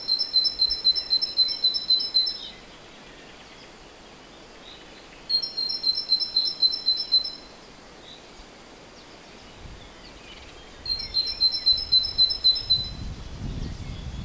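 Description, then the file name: Great tit song: three bursts of high two-note phrases, each note pair repeated rapidly for about two seconds, separated by quiet pauses; low rumble near the end. "Parus major"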